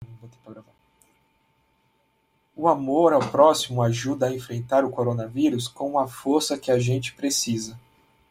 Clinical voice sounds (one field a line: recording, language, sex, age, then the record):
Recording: spoken sentence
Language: Brazilian Portuguese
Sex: male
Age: 30 to 39 years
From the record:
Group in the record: control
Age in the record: 35 years